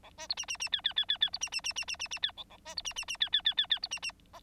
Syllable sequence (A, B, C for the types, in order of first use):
A B C D D D E E E E E C D D D D D D D E A A B C D D D E E E E E C D D F